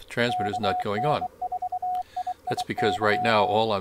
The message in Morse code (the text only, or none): KN4IIY